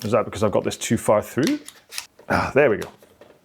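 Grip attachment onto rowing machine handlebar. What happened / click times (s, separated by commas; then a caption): The grip is being handled but has not clicked into place yet / none. Someone talks while pushing RowMo grip attachments onto the handlebar of a Concept2 rowing machine, with faint handling sounds underneath. Nothing has seated or clicked yet.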